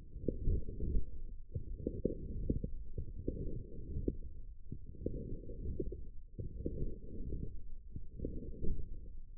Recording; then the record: forearm muscle sounds (acoustic myography)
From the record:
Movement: forearm pronation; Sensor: system 1, eight BSWA MPA416 microphones around the upper forearm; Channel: 6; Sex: female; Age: 21 years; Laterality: right